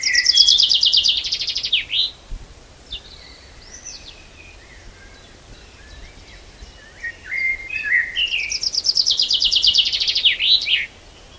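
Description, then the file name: Common chaffinch song given twice: each a fast series of notes ending in a flourish, with quieter chirps and twittering between the songs. "Fringilla coelebs"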